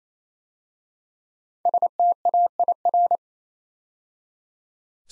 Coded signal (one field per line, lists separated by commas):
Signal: Morse code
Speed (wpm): 28 wpm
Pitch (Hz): 700 Hz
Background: none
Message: STAIR